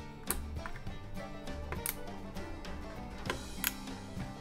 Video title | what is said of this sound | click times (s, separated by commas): "HOW TO INSTALL AN INTEL STOCK COOLER CPU" Dino PC | once you hear the click it means that the cooler is fitted | 0.3 s, 1.9 s, 3.3 s, 3.7 s